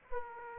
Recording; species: mosquito wingbeat signal from an infrared sensor; Aedes aegypti